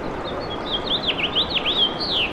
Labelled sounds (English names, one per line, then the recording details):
House Finch song
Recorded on Long Island, New York, on 24 April 2012
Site AS
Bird A